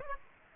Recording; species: mosquito wingbeat signal from an infrared sensor; Aedes aegypti